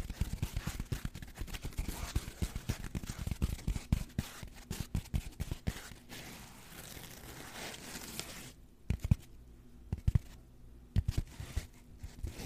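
Rough scratching and scraping runs in dense, quick strokes for the first six seconds, with a thudding low undertone. A quieter, smoother rubbing stretch follows. Then sparse, sharp scrapes and knocks return near nine, ten and eleven seconds, with gaps of near-silence between.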